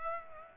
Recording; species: mosquito wingbeat signal from an infrared sensor; Aedes aegypti